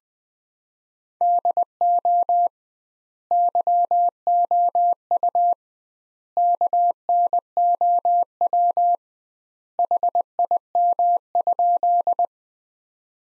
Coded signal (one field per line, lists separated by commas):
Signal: Morse code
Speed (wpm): 20 wpm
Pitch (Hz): 700 Hz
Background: none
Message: DO YOU KNOW HIM?